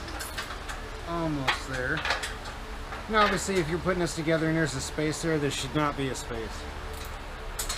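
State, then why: Seated. Someone talks while a cantilever airbag suspension part is brought up under tension over a set pin on the frame of a '69 C10 truck. Sharp metallic clicks at 7.6 s and 7.7 s mark the part locking onto the pin, leaving no gap.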